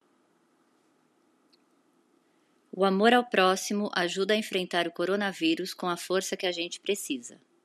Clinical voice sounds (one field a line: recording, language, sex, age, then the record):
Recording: spoken sentence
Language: Brazilian Portuguese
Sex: female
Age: 50 to 59 years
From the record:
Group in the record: control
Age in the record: 50 years